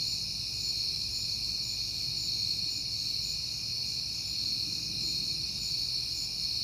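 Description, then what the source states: Steady high cricket trilling from many insects at once, with quiet low rumbling beneath. Crickets recorded on a peaceful night in September.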